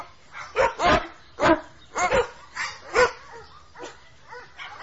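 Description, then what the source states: Dogs barking, several loud barks in irregular bursts, fading toward the end. A pack of dogs barking at a bear.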